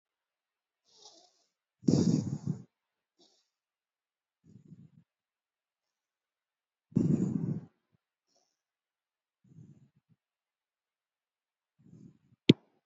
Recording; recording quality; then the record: deep breathing; excellent, no background noise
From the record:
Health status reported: COVID-19 positive, moderate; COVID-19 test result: positive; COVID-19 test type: RT-PCR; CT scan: not taken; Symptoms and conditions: cough, sore throat, fever, muscle pain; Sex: female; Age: 30 years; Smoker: no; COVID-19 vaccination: both doses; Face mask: worn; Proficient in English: yes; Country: India